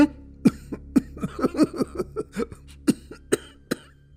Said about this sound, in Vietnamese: Nói xong, ông ho một hơi dài.